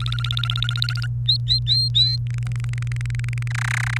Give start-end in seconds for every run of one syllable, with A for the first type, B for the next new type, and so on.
0.00-1.06 A, 1.28-2.16 B, 2.27-3.48 C, 3.50-3.97 D